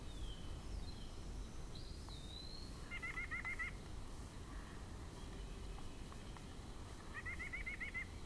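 White-breasted nuthatch repeating two bursts of quick nasal notes several seconds apart, with high sliding whistles from another bird early on and constant low rumble.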